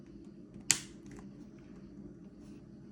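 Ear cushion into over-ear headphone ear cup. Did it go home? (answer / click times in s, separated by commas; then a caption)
yes / 0.7 s. A replacement ear cushion's plastic ring is pressed onto the ear cup of a Bose QC35 II over-ear headphone until its clips snap in. A single sharp, bright click is heard at 0.7 s against a low steady background, followed by faint softer handling sounds. The cushion is seated, and the click is the clips going in, not the part breaking.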